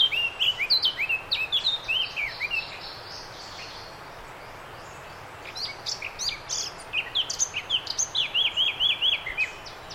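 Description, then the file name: Eurasian blackcap song: two phrases, each a quick run of bright, slurred whistles repeated several times a second, separated by a pause of a few seconds. "Sylvia atricapilla"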